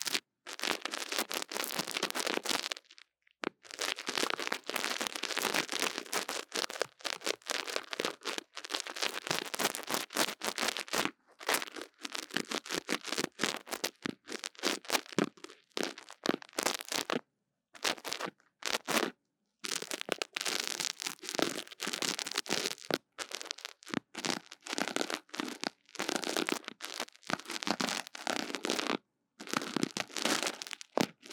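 Scratching and tapping on a small microphone, a dense, crackling rustle of rapid scrapes that fills most of the time. The bursts stop in sharp silent gaps, notably near 3, 11, 18 and 29 seconds, then resume at the same busy, bright intensity.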